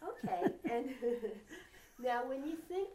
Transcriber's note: they laugh